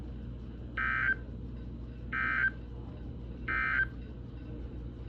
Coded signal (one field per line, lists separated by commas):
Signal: Emergency Alert System (SAME) tones